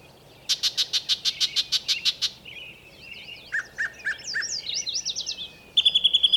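Bird song: a fast series of about twelve sharp high notes, then varied warbled phrases with lower slurred notes, ending in a quick trill.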